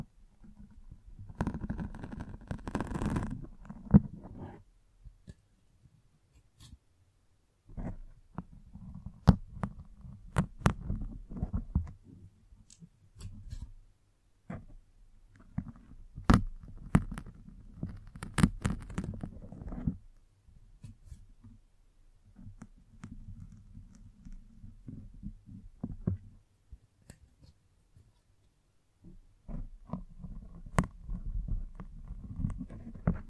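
Microphone brushing and scratching comes in bursts: low rumbling rubs with sharp clicks and scrapes, separated by near-silent gaps. Active stretches fall around 1–4, 8–12, 15–20, 21–26 and 29–33 seconds, with the loudest scratches near 3, 9 and 16 seconds.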